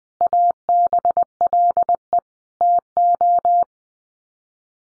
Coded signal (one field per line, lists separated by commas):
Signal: Morse code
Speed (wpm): 20 wpm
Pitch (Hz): 700 Hz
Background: none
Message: ABLE TO